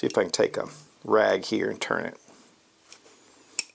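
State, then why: Partly seated. Someone talks while gripping the tight roller bolt head in the bolt carrier of a CA-3 .308 Cetme rifle with a rag and turning it counterclockwise. After a faint tick at 2.9 s, a sharp metallic detent click sounds at 3.6 s: the bolt head has rotated to the first of its two clicks, and the second has not yet come.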